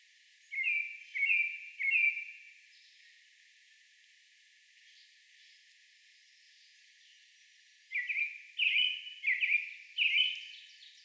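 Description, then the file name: American robin giving three quick clear notes, a long pause, then several more notes. Recorded 30 May 2019. "2019-05-30 American Robin"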